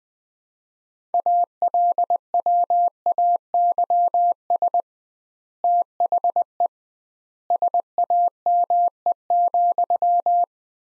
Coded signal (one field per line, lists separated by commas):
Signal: Morse code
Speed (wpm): 20 wpm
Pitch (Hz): 700 Hz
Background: none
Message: ALWAYS THE SAME,